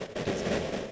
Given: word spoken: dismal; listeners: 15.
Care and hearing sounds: one English word in noise, from a listening test; noise modulated by three-talker babble; -7.0 dB; 1 of 15; 7 of 15; 0.52 s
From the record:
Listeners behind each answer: 7, 3, 1, 1, 1, 1, 1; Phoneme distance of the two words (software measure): 24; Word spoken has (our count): 2 syllables, 6 phonemes, stress on syllable 1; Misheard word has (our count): 2 syllables, 4 phonemes, stress on syllable 1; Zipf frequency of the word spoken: 3.28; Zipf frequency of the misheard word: 3.98

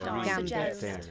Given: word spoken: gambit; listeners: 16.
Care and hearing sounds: one English word in noise, from a listening test; four-talker babble; -0.8 dB; 2 of 16; 6 of 16; 0.71 s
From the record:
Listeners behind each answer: 6, 4, 2, 1, 1, 1, 1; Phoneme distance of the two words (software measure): 17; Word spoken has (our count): 2 syllables, 6 phonemes, stress on syllable 1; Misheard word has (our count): 2 syllables, 5 phonemes, stress on syllable 1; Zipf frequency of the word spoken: 2.73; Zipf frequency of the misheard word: 4.15

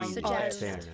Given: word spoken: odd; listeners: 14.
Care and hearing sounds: one English word in noise, from a listening test; four-talker babble; -1.9 dB; 0 of 14; 14 of 14; 0.54 s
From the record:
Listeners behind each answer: 14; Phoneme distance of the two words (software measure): 48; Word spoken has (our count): 1 syllable, 2 phonemes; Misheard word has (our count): 2 syllables, 6 phonemes, stress on syllable 2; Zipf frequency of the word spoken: 4.70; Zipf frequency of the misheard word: 4.63

